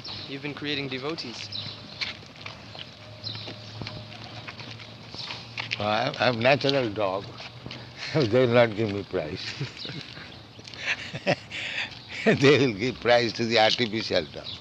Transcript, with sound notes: You've been creating devotees.
Oh, I, I am natural dog, and they'll not give me prize. [laughs] They'll give prize to the artificial dog.